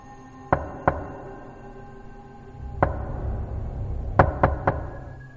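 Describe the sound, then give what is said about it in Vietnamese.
Sharp knocks on a door late at night come in quick bursts: two raps, a lone one, then three more in fast succession, loud against a low steady hum with no talking. “tiếng gõ cửa lại vang lên rất rõ, có vẻ như gấp gáp.”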